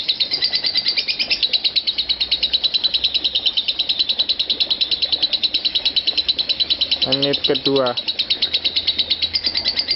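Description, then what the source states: Lovebird keeps up a rapid, high chatter while a separate lower, harmonic squawk-like sound cuts in briefly near the end. Konslet song style.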